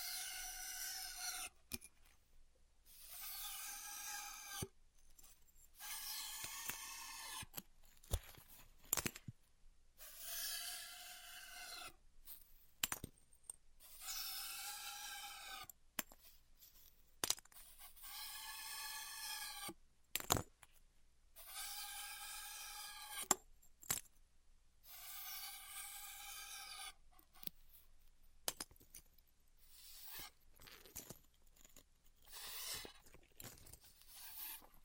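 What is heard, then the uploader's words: Styrofoam being heat cut in a series of separate passes, each a squeaky, rasping drag lasting one to three seconds with a wavering, whining tone. About ten strokes come at irregular intervals, separated by short silences and a few sharp clicks or taps. ASMR Styrofoam Heat Cutting (No Talking).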